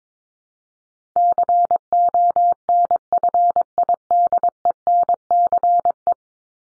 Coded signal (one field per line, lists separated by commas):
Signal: Morse code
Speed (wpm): 22 wpm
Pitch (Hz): 700 Hz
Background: none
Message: CONFIDENCE